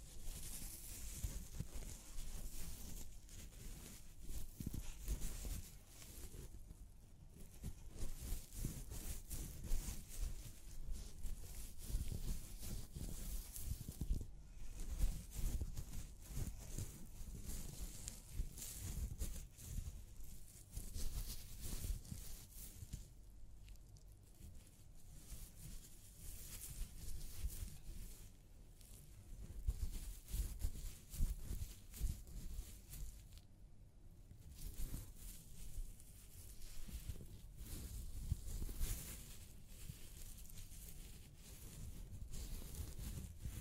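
Scalp massage during a hair wash: fingers rub and scratch through hair in a dense, continuous rustle that fills the whole clip, with a soft low rumble underneath. The texture rises and falls unevenly, with brief pauses near 7, 15, 24 and 34 seconds.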